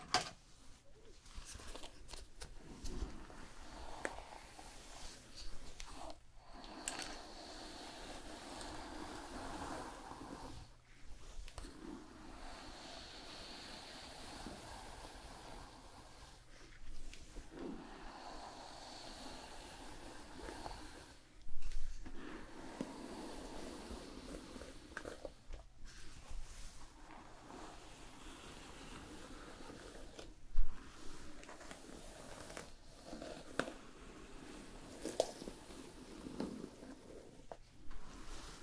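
Hair salon sounds, with a steady rushing, water-like hiss that swells and eases in waves. It breaks off in brief gaps about every four to five seconds, over a low constant hum. A few sharp knocks stand out, near the 21 and 30 second marks.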